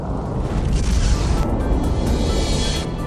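A deep, roaring methane gas explosion rumbles on for about three seconds, a dense, loud low-end boom with a hissing, crackling upper layer that stays steady before thinning slightly at the end.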